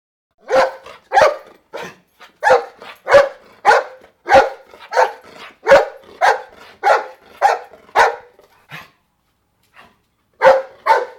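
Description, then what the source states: Dog giving a long, steady series of sharp barks about every half second, pausing briefly near the end before two more barks. Medium-sized dog barking.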